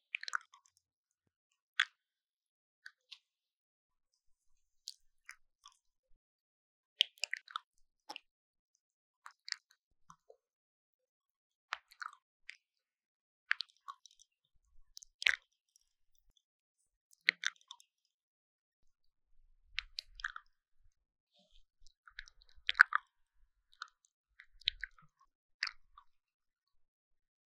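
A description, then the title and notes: Mouth sounds: sharp, bright clicks and wet smacks, like chewing and biting, popping up in short bursts every second or two across a silent background. Some clusters are denser, and a few soft low thumps creep in near the end. 口腔音. 3Dio Mouth Sounds. NoTalking.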